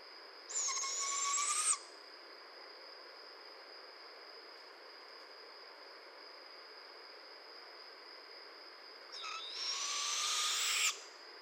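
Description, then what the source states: Barred owl raspy hissing screeches, two drawn-out calls several seconds apart, somewhat faint, with a steady high tone in the background. Recorded 15 June 2011.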